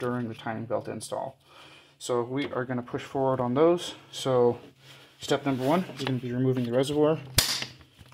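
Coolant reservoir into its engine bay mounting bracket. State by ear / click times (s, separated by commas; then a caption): seated / 8.1 s. Someone talks while a plastic coolant overflow reservoir on a 2005–2009 Subaru Outback XT Turbo is pushed back into its mounting bracket in the engine bay. Its thumb-press latch clicks at 8.1 s as the reservoir locks and seats in its mount.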